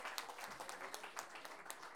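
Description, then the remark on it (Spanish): A crowd applauds everyone after all the raffle tickets have been sold, with steady, dense clapping that forms a crackling wash of overlapping claps, fairly soft overall and holding for the whole moment without any voices. “Oye, un aplauso para todos porque hemos podido vender todos los números de la rifa.”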